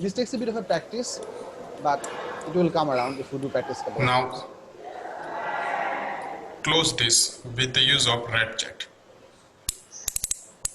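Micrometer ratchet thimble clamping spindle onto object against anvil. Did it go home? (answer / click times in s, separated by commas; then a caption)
yes / 9.7 s, 10.1 s, 10.2 s, 10.3 s, 10.6 s. A micrometer screw gauge's ratchet knob is turned to close the spindle onto an object against the anvil, and someone talks beforehand. Once the spindle clamps the object, the ratchet slips with a series of sharp clicks at 9.7, 10.1, 10.2, 10.2, 10.3 and 10.7 seconds, confirming it has reached clamping force.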